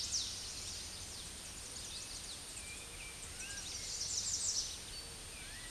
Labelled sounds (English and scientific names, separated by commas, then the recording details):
American Redstart (Setophaga ruticilla) song
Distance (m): 40 m
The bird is about 20 m above the microphone
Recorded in a Pennsylvania forest on 16 May 2024 at 07:42
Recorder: AudioMoth, point MSD-2367
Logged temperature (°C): 16.0 °C
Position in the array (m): 169 m, 223 m